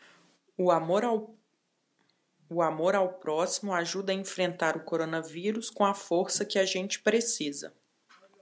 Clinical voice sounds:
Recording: spoken sentence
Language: Brazilian Portuguese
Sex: female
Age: 30 to 39 years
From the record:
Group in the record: control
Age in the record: 34 years

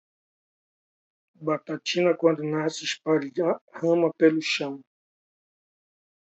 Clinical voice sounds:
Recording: short text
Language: Brazilian Portuguese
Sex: male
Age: 40 to 49 years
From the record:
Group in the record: control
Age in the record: 49 years

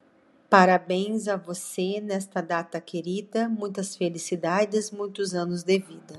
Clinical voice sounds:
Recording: short text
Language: Brazilian Portuguese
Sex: female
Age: 40 to 49 years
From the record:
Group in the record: control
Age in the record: 48 years

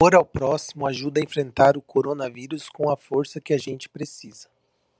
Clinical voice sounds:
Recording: spoken sentence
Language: Brazilian Portuguese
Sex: male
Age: 30 to 39 years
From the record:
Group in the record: control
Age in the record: 31 years

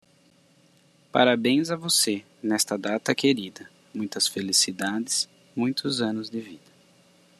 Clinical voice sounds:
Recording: short text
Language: Brazilian Portuguese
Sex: male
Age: 40 to 49 years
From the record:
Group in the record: control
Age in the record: 41 years

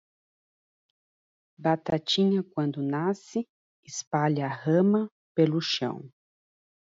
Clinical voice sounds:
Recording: short text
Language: Brazilian Portuguese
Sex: female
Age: 40 to 49 years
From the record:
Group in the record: control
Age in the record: 48 years

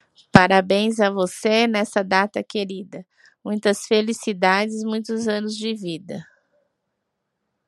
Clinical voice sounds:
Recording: short text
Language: Brazilian Portuguese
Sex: female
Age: 40 to 49 years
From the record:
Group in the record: control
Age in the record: 49 years

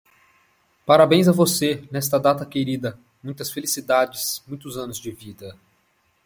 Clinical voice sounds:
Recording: short text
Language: Brazilian Portuguese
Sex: male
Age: 30 to 39 years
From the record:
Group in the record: control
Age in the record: 32 years

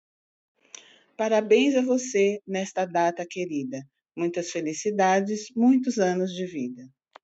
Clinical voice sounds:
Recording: short text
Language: Brazilian Portuguese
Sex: female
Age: 50 to 59 years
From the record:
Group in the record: control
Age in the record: 57 years

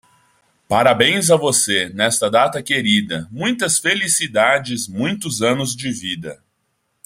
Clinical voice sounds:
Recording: short text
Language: Brazilian Portuguese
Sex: female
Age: 30 to 39 years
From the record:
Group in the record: control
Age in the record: 34 years

